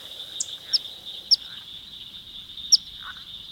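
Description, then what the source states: Eastern Phoebe calls: sharp, high chip notes at irregular intervals over a steady high drone, with a few softer lower notes between. Wintering migrant calling from a dead branch over water in a cypress swamp and pineland in South Florida on a warm, sunny winter morning; summers and nests on a Pennsylvania stream.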